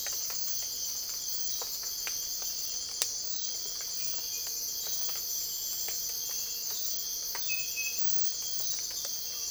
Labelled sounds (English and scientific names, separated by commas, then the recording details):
none
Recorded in dense forest near Puerto Asís, Putumayo, Colombia, on 22 December 2024 at 05:00
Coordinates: 0.482, -76.320
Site G021